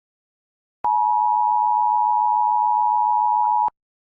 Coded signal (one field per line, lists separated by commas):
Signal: Emergency Alert System (SAME) tones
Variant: 853 and 960 Hz attention tone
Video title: PBS kids ￼Florida dish network emergency alert system ￼￼